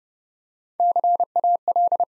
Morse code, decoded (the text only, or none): CAL